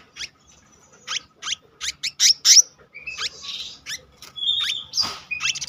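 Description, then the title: Selendang biru songbird giving sharp, high chirps and buzzy notes in irregular bursts, with short whistled slurs between them. Song style called gacor ngeroll, a continuous rolling song, with isian phrases. "BURUNG SELENDANG BIRU GACOR NGEROLL ISIAN"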